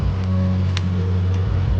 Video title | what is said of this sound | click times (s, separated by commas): cara menggunakan nintendo switch oled cfw untuk pertamakali | Nah, bunyi klik ini kalian sudah bisa langsung main ya. | 0.8 s